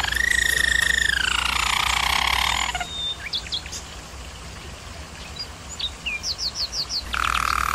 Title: German Roller Canary Singing - Canary Training